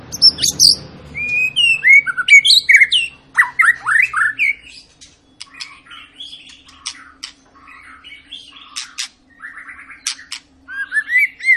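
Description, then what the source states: White-rumped shama singing loud, looping whistles and sharp slurred notes, then softer scattered chirps and short warbled phrases. Long lure recording of a shama singing vigorously (gacor), used to prompt other birds to sing.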